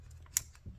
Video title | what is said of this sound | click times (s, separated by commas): 2016 Volkswagen Passat 1.8L Turbo Ignition coils and spark plug replacement | I heard that little click, and now I'm able to pull it up. | 0.4 s